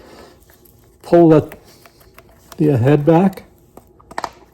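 A plastic polishing head is fitted to the quick-release spindle of a BATOCA S5 cordless car buffer and polisher. Someone talks while small handling clicks and taps are heard, with a sharper tap near 4.2 s. The clip ends before the head goes home, so nothing has seated or clicked yet.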